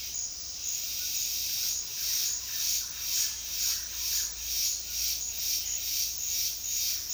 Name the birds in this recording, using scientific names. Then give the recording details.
none. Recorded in dense forest near Puerto Asís, Putumayo, Colombia, on 19 February 2024 at 09:00. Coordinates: 0.496, -76.326. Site G6383